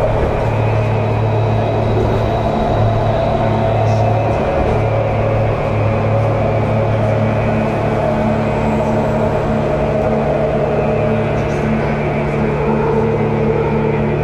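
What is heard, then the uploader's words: A train rides through the underwater transbay tunnel with a steady, dense low roar and hum, a few faint squeals overhead, unchanging throughout. The Bart Underground. What does it feel like to ride a train under the ocean in the transbay tunnel.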